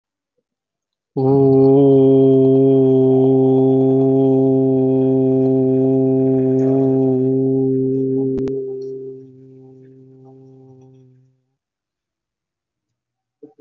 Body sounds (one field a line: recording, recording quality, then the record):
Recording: sustained vowel as in boot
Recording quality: excellent, no background noise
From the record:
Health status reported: COVID-19 positive, mild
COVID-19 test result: positive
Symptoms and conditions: cough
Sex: male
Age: 36 years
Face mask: worn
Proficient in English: yes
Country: India